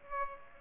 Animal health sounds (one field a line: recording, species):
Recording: mosquito wingbeat signal from an infrared sensor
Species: Aedes aegypti